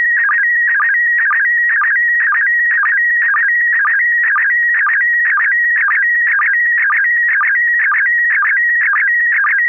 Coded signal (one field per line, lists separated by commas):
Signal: SSTV (slow-scan television)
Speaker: to the slow scan. That is a good copy here in the Thomas. We're going to go to George for a first comment on this picture.